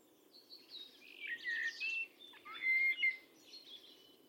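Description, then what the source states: Bird giving brief chirps and a few clear whistled notes in quick succession above a low steady hiss. Calls rendered as "tu me tu me".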